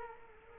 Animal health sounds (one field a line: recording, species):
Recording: mosquito wingbeat signal from an infrared sensor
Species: Culex quinquefasciatus